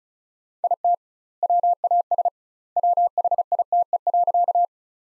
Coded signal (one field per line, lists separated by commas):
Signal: Morse code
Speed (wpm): 36 wpm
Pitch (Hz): 700 Hz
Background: none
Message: IT WAS WHITE.